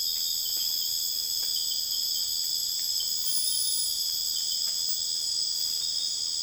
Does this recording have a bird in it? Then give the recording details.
no. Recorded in dense forest near Puerto Asís, Putumayo, Colombia, on 21 December 2024 at 02:30. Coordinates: 0.484, -76.325. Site G056